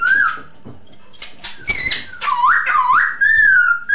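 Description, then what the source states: Masked laughingthrush: wavering whistles and harsh notes run together into a rolling, rising-and-falling whistled phrase. Lure song used for Masked laughingthrush, named poksay hongkong.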